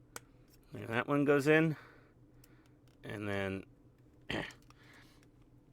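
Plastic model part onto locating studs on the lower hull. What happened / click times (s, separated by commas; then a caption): The small plastic part is handled but not yet seated / none. A small plastic part of a 1:48 scale U-boat model hull is handled over its locating studs and divots on the lower hull while someone talks, with faint handling ticks around 0.2, 2.4 and 4.7 seconds. Nothing has seated or clicked home yet by the end of the clip.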